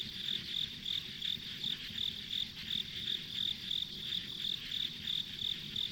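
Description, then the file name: Insect chirps, high and pulsing in steady rhythm about three times each second, over a constant shrill insect hum with soft low background sound. Insects as ambient sound on a country road. "田舎道の虫の環境音"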